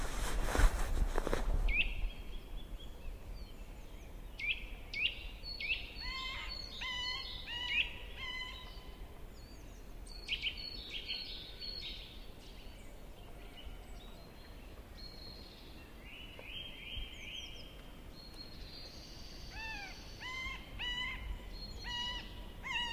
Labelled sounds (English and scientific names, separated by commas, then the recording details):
Middle Spotted Woodpecker (Dendrocopos medius)
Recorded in the wild
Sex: male
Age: adult
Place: Liepnitzsee, Naturpark Barnim, Brandenburg, DE
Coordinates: 52.7417, 13.5119
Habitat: decidouos forest
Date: 2011-03-20 10:30
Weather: fair, 5°C, no wind
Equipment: Sound Devices 702, Sennheiser MKH 70, Rycote Windschutz
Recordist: Frommolt, Karl-Heinz